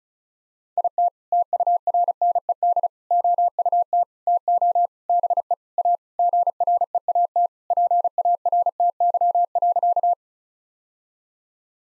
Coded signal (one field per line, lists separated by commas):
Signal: Morse code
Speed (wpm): 36 wpm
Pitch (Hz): 700 Hz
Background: none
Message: IT TURNED OUT TO BE A GREAT PARTY.